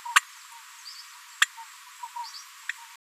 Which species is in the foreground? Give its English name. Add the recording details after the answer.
Green-rumped Parrotlet. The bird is a female. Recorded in a nest box in Venezuela. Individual 17B73B2